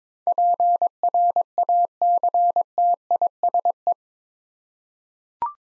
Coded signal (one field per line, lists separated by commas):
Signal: Morse code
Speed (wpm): 22 wpm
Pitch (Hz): 700 Hz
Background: none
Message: PRACTISE